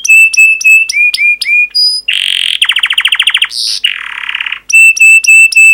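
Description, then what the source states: Canary song: ringing whistled notes repeated several times, a dense buzzy trill, a rattling roll, then more repeated whistles. Long training song recording for teaching canaries.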